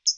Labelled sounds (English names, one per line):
Hooded Warbler flight call